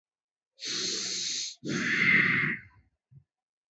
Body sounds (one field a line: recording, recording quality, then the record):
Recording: deep breathing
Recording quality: excellent, no background noise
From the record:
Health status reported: healthy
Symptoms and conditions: none ticked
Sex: male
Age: 37 years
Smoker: not ticked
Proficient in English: yes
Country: India